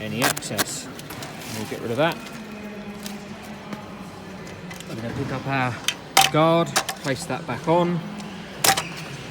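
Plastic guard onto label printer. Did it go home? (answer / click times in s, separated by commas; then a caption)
yes / 8.6 s. A plastic guard is placed back onto a label printer and twisted so its clips engage, while someone talks. One sharp click is heard at 8.7 seconds as the guard seats in place.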